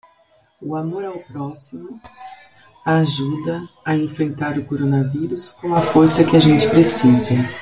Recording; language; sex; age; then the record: spoken sentence; Brazilian Portuguese; female; 40 to 49 years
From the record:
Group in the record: control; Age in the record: 47 years